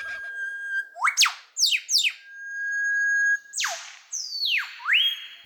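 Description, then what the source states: Superb lyrebird imitating an eastern whipbird: long steady whistles broken by sharp whip-crack sweeps, several rising and falling cracks in a few seconds. Male, found in Australian forests, imitating an eastern whipbird; males sing to attract mates; mimicry can convince the imitated bird the lyrebird is one of its own.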